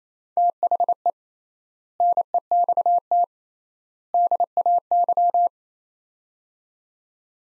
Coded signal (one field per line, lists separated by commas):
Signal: Morse code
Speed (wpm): 28 wpm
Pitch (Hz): 700 Hz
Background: none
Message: THE NEXT DAY